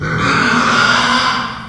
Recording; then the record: squeal of a Yucatan mini pig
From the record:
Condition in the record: after surgery on the right vocal fold (resection and tissue-engineered implant); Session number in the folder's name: 15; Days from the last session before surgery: 175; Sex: female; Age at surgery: 19 weeks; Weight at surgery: 25 kg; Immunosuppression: prednisolone